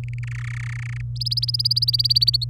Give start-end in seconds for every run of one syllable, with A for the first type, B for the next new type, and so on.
0.04-0.19 A, 0.23-1.01 B, 1.16-2.44 C